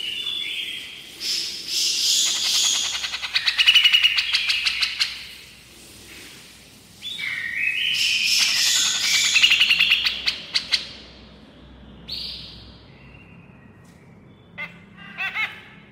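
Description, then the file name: Grey-cheeked bulbul producing two bouts of scratchy, rapid chattering, then quieter scattered squeaks and clicks. Female bird; described as gacor, actively and energetically vocalising. "suara cucak jenggot betina gacor"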